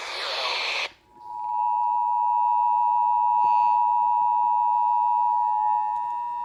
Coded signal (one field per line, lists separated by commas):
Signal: Emergency Alert System (SAME) tones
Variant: 853 and 960 Hz attention tone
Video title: YT First! SVR #1 on WXJ84, WCST-FM, WVSR & WYNL (7/17/23) EAS 1747-1750